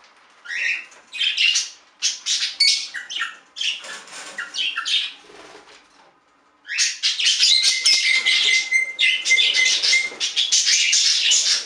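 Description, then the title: Budgerigar chatter: rapid scratchy warbling and squeaky chirps in bursts, a pause near six seconds, then a dense run with a brief steady whistled note. "Budgie Sounds"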